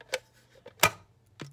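The hinged plastic lid of a ResMed AirSense 10 CPAP humidifier water tub is closed after the tub is filled with water. A few lighter ticks come first, then the lid snaps shut with a sharp click at 0.8 s, and a softer tap follows near 1.4 s. The lid is seated and shut.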